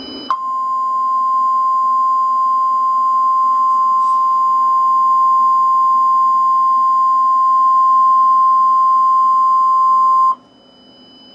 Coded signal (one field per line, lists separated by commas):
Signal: Emergency Alert System (SAME) tones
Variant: 1050 Hz attention tone